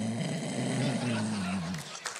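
A single low, buzzy, rattling snore lasts about two seconds, with steady pitch that drifts slightly lower before breaking off. An adult comedian on stage is imitating the snore. It is just snoring, with no breathing pause or gasp of sleep apnea.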